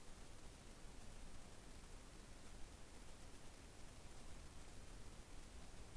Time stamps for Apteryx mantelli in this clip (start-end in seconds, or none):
none